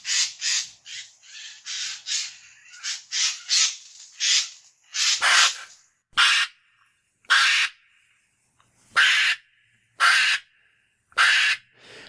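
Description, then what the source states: Eurasian jay screeching, harsh rasping cries in a rapid irregular series at first, then single loud screeches roughly once a second. Well-known sound on forest walks that makes people jump; the bird appears suddenly.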